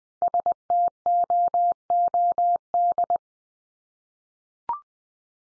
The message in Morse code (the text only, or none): STOOD